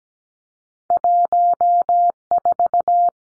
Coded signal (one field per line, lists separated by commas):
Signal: Morse code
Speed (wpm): 17 wpm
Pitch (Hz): 700 Hz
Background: none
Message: 14